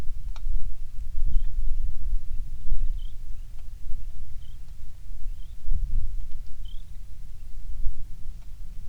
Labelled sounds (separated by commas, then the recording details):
songbird, wind
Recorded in the Prudhoe Bay oil fields, Alaska, on 27 July 2019 at 18:33
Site 19